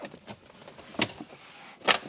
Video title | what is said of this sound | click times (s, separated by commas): THE ABANDONED EVO 8 RESTORATION - EP. 68 | just snaps right into place. | 1.0 s, 1.9 s